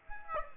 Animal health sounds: mosquito wingbeat signal from an infrared sensor; Aedes aegypti

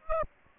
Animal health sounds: mosquito wingbeat signal from an infrared sensor; Aedes aegypti

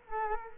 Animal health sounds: mosquito wingbeat signal from an infrared sensor; Culex quinquefasciatus

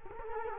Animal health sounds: mosquito wingbeat signal from an infrared sensor; Culex quinquefasciatus

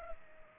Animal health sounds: mosquito wingbeat signal from an infrared sensor; Culex pipiens

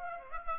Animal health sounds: mosquito wingbeat signal from an infrared sensor; Aedes aegypti

